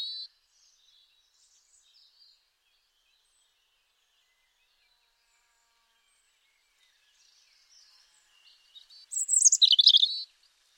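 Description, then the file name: European robin song: a brief note at the start and faint warbling, a long quiet stretch, then one bright burst of high twittering, warbled notes near the end. "Erithacus rubecula"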